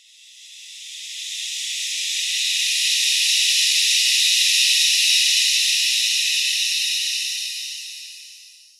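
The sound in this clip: Snake hissing: one long, steady breathy hiss that swells and then fades over about nine seconds, with no other sounds.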